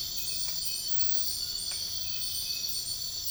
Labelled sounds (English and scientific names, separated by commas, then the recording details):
none
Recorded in dense forest near Puerto Asís, Putumayo, Colombia, on 13 March 2025 at 04:00
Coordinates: 0.484, -76.325
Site G045